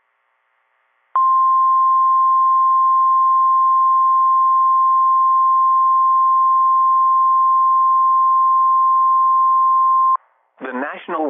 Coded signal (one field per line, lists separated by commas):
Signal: Emergency Alert System (SAME) tones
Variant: 1050 Hz attention tone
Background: speech